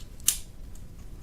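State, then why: Seated. A RAM SIMM is pushed all the way down into its angled slot on a Macintosh Color Classic logic board and then tilted upright until its plastic latches snap. A sharp, bright click at 0.3 s stands out over quiet background noise, with faint ticks around it. The memory module is seated, clicked into place.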